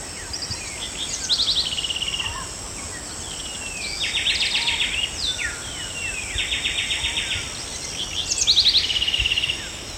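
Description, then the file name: House wren delivering repeated bubbling songs, several fast high trills and buzzy rattling runs following each other over ten seconds, with steady faint hiss behind. "Troglodytes aedon - House Wren"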